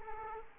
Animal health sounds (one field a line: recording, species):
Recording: mosquito wingbeat signal from an infrared sensor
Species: Culex quinquefasciatus